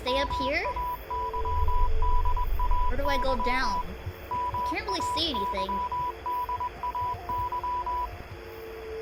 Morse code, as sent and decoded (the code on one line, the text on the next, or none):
-- .- -.-- -.. .- -.-- / -- .- -.-- -.. .- -.--
MAYDAY MAYDAY